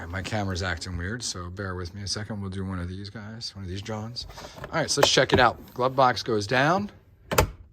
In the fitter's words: click, we hear it, we're good to go.